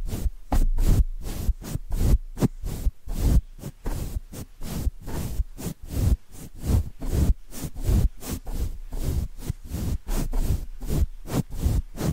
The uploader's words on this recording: ASMR Rhythmic Mic Brushing (No Talking).